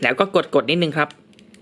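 Someone talks while a plastic Saga mask plate is fitted over the pegs of an Ultra Replica Ultimate Bracelet toy wrist bracelet and pressed down lightly. After the talking stops, a few faint handling ticks come at about 1.3, 1.4 and 1.5 seconds. Nothing has seated or clicked yet; the plate is not home.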